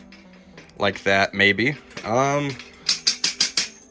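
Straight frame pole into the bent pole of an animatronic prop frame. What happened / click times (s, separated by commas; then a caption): The metal frame pole snapped into its locked position / 2.9 s, 3.1 s, 3.2 s, 3.4 s, 3.6 s. Someone talks while a straight metal frame pole is pushed into the top of the bent poles of a life-size Spirit Halloween Terrifier Art the Clown Santa Claus animatronic prop frame. After some resistance, a series of loud clicks sounds at 2.9, 3.1, 3.2, 3.4 and 3.6 seconds as the pole snap-locks into place, seated.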